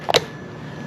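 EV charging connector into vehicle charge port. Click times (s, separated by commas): 0.2 s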